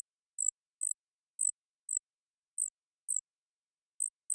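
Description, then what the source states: Brewer's sparrow giving short, very high chip notes at irregular intervals, with silent gaps between them. Several males singing or counter-singing in a high subalpine sagebrush meadow, Okanogan Mountains; sagebrush steppe bird of North America; mirthful, playful, bubbling voice; sings teetering on swaying sage stalk tips.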